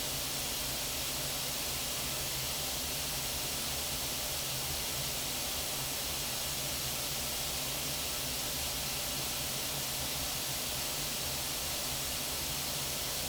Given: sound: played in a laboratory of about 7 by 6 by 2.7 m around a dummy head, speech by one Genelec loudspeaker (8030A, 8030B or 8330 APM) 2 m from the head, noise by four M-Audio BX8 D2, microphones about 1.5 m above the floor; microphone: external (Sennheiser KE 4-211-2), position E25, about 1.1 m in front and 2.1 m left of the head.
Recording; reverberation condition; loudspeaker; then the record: white noise; low; four, about 170 cm from the corners of the room and facing them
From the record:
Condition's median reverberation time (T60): about 310 ms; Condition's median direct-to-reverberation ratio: about 3.5 dB